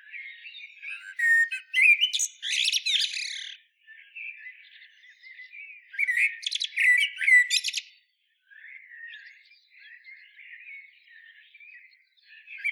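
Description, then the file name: Common blackbird giving fluted warbles broken by two loud, chattering, high-pitched twitter passages, with soft low warbling continuing between them. "Turdus merula"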